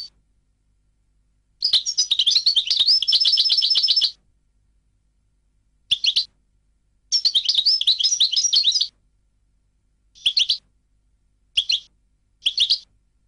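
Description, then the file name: European goldfinch song with long runs of quick, tinkling twitters and trills, mixed with several short chirping bursts. "audio burung goldfinch"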